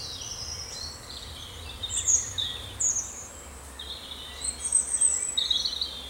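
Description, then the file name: Bird song, high thin whistled notes and brief trills in separate phrases, with faint steady background noise. "Victoria Arlidge - Relaxing Birdsong"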